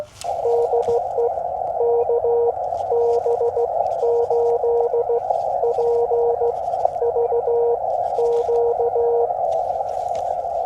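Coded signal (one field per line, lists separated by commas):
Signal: Morse code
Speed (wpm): 16 wpm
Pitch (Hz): 470 Hz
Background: radio noise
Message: DE KB8PVQ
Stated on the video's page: Morse on a POTA activation using a JPC-12 vertical antenna, KX2 at QRP and FT-891 at 50 watts, including a DX contact.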